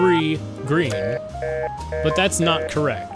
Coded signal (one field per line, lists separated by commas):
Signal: telephone call progress tone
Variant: North America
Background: speech, music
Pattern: reorder tone